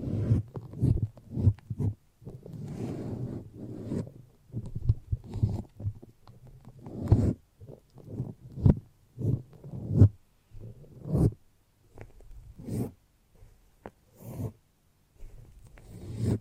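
Squishy, sticky foam sounds come in short, uneven bursts, each a wet crackle or smack followed by brief quiet. The sounds are mostly soft and low, with occasional sharper clicks and pops, and the pace stays loose and irregular throughout.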